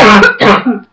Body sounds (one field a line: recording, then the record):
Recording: coughing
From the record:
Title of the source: Barking cough - # 10